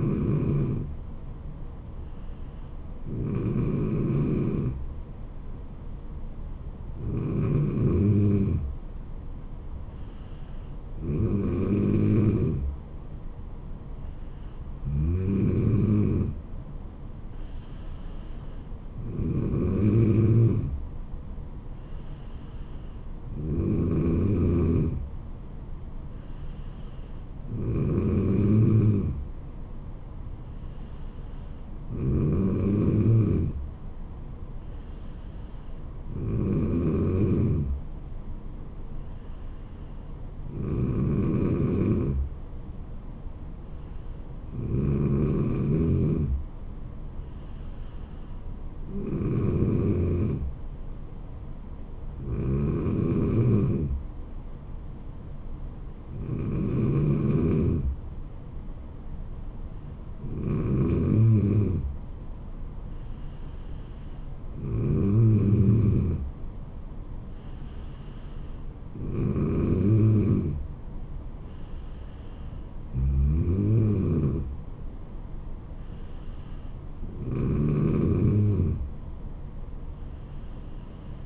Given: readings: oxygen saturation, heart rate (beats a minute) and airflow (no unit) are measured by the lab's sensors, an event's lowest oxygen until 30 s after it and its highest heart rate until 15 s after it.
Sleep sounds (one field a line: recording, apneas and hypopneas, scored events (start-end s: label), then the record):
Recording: breathing in sleep by a smartphone at the bedside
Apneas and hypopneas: none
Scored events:
none scored
From the record:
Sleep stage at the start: N3 (deep sleep)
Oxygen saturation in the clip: 94 to 95%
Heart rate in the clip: 68 to 76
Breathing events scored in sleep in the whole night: 426 in 7.4 hours asleep